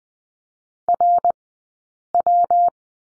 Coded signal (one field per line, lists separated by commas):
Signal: Morse code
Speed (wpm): 20 wpm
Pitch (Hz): 700 Hz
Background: none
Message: RW